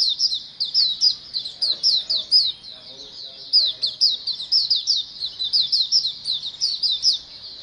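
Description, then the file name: White-eyes twittering together, near-continuous high slurred chirps tumbling over one another in rhythmic waves. A colony of white-eyes calling together. "suara pleci koloni omkicau"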